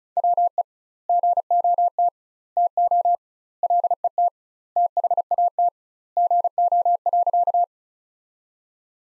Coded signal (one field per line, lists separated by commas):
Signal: Morse code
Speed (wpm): 36 wpm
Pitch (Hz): 700 Hz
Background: none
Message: WE GOT TO LET THAT GO.